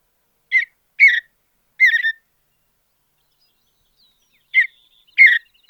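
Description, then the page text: Mountain bluebird song with three short husky warbles, a quiet gap of two seconds, then two more similar notes and the start of another. "Andrew Spencer - Голубая сиалия (Sialia currucoides)"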